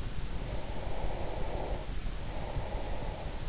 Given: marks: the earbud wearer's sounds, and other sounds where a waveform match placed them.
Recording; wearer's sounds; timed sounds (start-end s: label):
sounds in sleep by an in-ear microphone; breath
0.56-3.27 s: breath